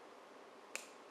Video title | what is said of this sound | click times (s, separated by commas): How to solder Vid 3: Traxxas connectors | hear it snap a click in just like that | 0.8 s